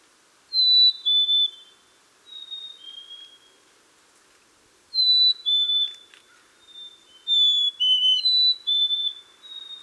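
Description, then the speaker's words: Black-capped Chickadee phoebe song: clear whistled notes dropping in pitch, sung several times with pauses, with fainter songs between them. Several chickadees singing the phoebe song on a spring day in Minnesota; song used to attract mates or advertise the edge of a territory. "Here are some chickadees singing the phoebe song on a spring day in Minnesota."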